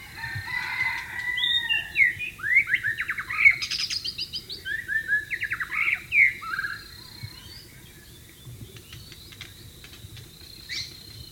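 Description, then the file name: White-rumped shama giving a burst of sweet whistles and rapid downslurred notes for several seconds, then mostly quiet with faint chirps. "suara burung murai batu di alam liar"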